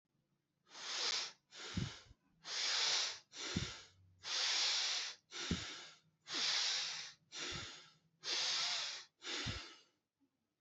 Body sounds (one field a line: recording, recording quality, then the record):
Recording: shallow breathing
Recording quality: excellent, no background noise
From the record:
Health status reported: exposed to COVID-19, no respiratory illness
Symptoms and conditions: none ticked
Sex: male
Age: 36 years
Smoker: yes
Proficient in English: yes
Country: India